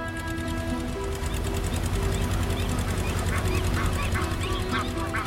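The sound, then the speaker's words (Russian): Several geese honk in short, nasal bursts as they swim after a motorized hang glider, growing busier in the second half, over the steady, loud mechanical drone of the hang glider's running motor. “Гуси начинают плыть за ним.”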